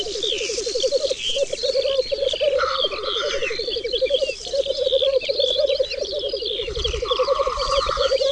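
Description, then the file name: Black grouse bubbling song, a continuous rolling, pulsing coo with brief pauses, while other birds whistle and chirp higher above it. "cietrzew"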